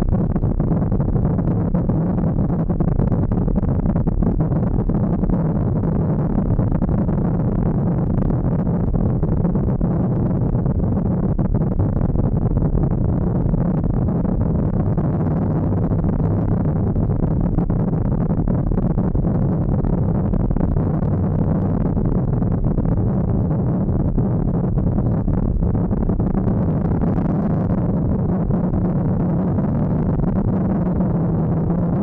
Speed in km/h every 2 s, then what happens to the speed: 44, 49, 50, 39, 32, 28, 33, 40, 39, 38, 34, 29, 36, 48, 49, 38.
0-4 speeds up to 50. 4-9 brakes to 28. 11-13 speeds up to 40. 16-23 slows to 29. 23-26 speeds up to 48. 28-32 brakes to 38.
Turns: 8-18.